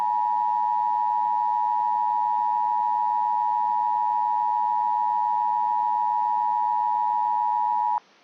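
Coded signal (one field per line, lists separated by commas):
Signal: Emergency Alert System (SAME) tones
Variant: 853 and 960 Hz attention tone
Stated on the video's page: Recreated compilation of Required Monthly Tests from the Central Relay Network.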